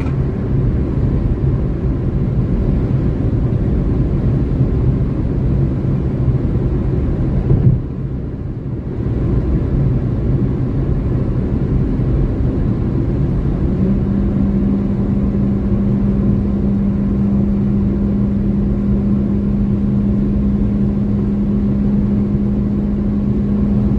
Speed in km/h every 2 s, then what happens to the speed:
156, 155, 154, 155, 154, 154, 154, 155, 156, 157, 158, 159.
0-24 steady at about 155.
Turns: none.